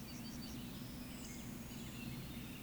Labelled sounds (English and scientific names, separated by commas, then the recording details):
Eurasian Woodcock (Scolopax rusticola) whistle
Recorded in Baden-Württemberg, Germany, on 14 May 2021 at 19:03 UTC
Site 25175, 602 m above sea level